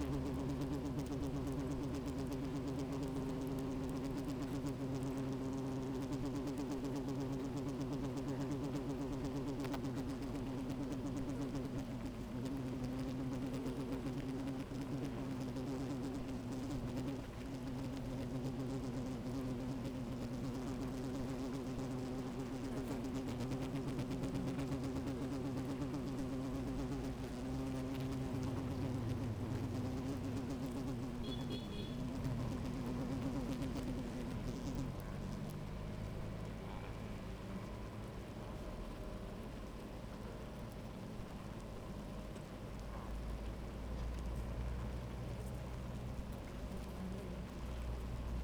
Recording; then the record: honeybee colony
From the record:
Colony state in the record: active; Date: 28 July 2017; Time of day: 12:23